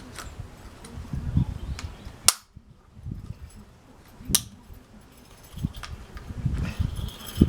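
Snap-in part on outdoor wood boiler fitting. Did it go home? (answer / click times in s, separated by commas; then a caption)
yes / 2.3 s, 4.3 s. A snap-in part is pressed into a fitting on an outdoor wood boiler, with silicone on the threads, producing two sharp, loud snaps at 2.3 and 4.4 seconds. Fainter clicks and low rustling are heard around them. The part snaps into place and is seated.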